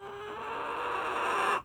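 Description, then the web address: Chicken giving a harsh, raspy growling squawk, a steady noisy burst lasting under two seconds that cuts off abruptly. Chicken growling and squawking. "Blast Wave Update 1 Chicken Growl"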